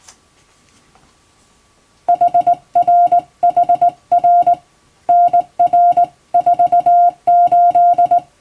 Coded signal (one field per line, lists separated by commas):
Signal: Morse code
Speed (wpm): 19 wpm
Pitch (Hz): 700 Hz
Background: music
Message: HRHR NR48